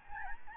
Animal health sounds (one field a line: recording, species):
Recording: mosquito wingbeat signal from an infrared sensor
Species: Aedes albopictus